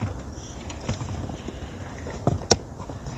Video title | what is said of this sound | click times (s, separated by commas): New Toy! Mercedes-Benz G63 Ride on with Remote Control | you'll hear some click | 2.5 s